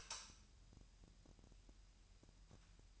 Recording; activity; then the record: daily activity, microphone in the room; light on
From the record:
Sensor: 2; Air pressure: 1001.8 hPa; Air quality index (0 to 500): 241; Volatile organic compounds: 32 ppm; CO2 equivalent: 2995 ppm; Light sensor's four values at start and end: 4/10/4/4 and 9/25/10/10